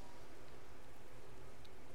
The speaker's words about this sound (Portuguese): Até acho que tá alto, até acho. É que a chuva tá alta. Tô ouvindo aqui, mas tá bem baixinho. Bem baixinho a chuva? Porra, pra mim tá very alto.